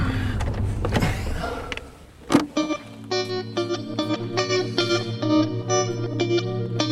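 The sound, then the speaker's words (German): A car, driven by Williams, reverses out into the dawn and drives away: a rush of noise, a single dull thump, then a steady, buzzing motor whine with a rhythmic pulsing pattern that carries on to the end. “Williams fuhr rückwärts ins Morgengrauen hinaus.”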